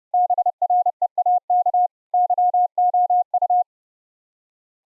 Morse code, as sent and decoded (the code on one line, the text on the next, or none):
-... .-. . .- -.- / -.-- --- ..-
BREAK YOU